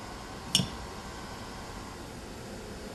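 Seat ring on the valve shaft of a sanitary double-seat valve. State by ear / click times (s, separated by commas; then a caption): seated / 0.6 s. Fingers push the valve shaft of an SPX Waukesha APV DA3+ sanitary double-seat valve upward until the seat ring clicks into place and is fixed. A single sharp click sounds at 0.5 s over a low steady background hum, confirming the seat ring is seated.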